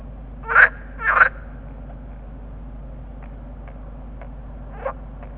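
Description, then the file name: Water frog croaks: two loud quacking calls early, then faint clicks and one softer croak near five seconds, low hum throughout. Chorus call of green frogs (groene kikker). "groenekikker roepkoor"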